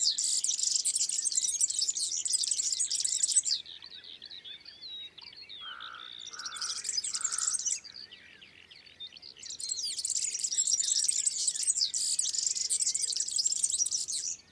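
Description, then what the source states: European Serin song, high, rapid, jingling bursts with a pause between them, and three lower, clear notes in the gap. Song in the first morning sunshine on 25–26 May 2019 at Lesches and Saint-Dizier-en-Diois; recorded on a Nagra Seven with two MKH40 and 8020 microphones.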